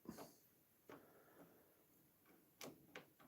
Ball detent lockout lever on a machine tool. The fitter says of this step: doesn't really click in place so